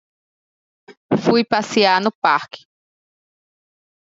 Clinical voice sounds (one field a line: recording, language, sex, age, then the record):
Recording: short text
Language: Brazilian Portuguese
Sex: female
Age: 20 to 29 years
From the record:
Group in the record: control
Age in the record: 28 years